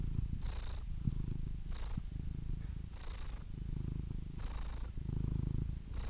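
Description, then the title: Domestic cat purring, a steady low rumble rising and falling in regular breath cycles, with soft hissy inhalations between. Compilation of cats of all ages, kittens to senior cats. "The Ultimate Compilation of Adorable Cat Meows"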